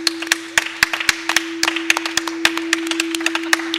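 Audience applause of many overlapping, crisp hand claps in an irregular patter, steady and fairly loud for the whole stretch, with a faint constant low hum beneath and no voices.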